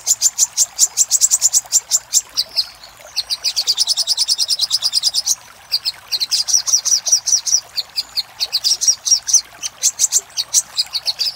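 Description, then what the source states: Little spiderhunter song: extended bursts of fast, high chipping, with brief pauses between bursts. Master recording used for training cage birds.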